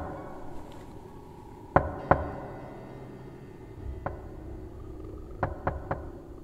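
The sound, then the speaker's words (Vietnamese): Heavy knocks on a door at night, coming in threes and echoing back, ring out over a low, steady rumble: two hard raps, a lone quieter one, then a quick run of three sharp knocks. No one speaks. “Tiếng gõ cửa nặng nề, cứ ba nhịp một.”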